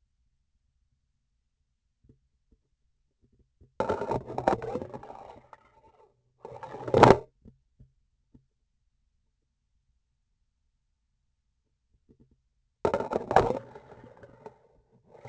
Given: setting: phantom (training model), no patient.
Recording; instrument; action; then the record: laparoscopic instrument, vibration sensor on the handle end; grasping forceps; insertion and removal through the trocar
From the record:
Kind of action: spatial motion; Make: other than Olympus